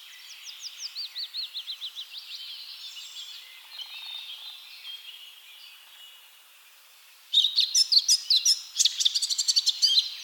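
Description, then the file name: Eurasian blackcap song: a fast run of repeated high notes and scratchy warbling, a quieter stretch, then a loud burst of clear whistled and clicking notes. "Sylvia atricapilla"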